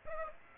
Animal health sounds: mosquito wingbeat signal from an infrared sensor; Aedes aegypti

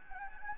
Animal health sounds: mosquito wingbeat signal from an infrared sensor; Anopheles gambiae

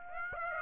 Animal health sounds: mosquito wingbeat signal from an infrared sensor; Aedes aegypti

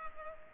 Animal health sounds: mosquito wingbeat signal from an infrared sensor; Culex pipiens

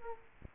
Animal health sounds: mosquito wingbeat signal from an infrared sensor; Aedes aegypti

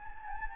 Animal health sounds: mosquito wingbeat signal from an infrared sensor; Anopheles gambiae

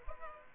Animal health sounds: mosquito wingbeat signal from an infrared sensor; Culex pipiens

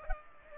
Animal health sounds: mosquito wingbeat signal from an infrared sensor; Culex pipiens

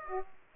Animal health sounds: mosquito wingbeat signal from an infrared sensor; Aedes aegypti

